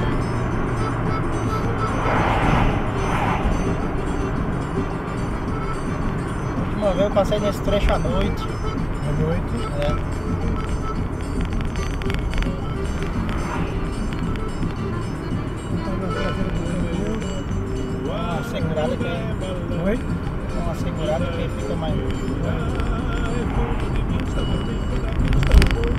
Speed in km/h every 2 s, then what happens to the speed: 64, 60, 59, 57, 52, 47, 46, 45, 42, 42, 44, 46, 48.
0-16 slows to 42. 16-26 speeds up to 48.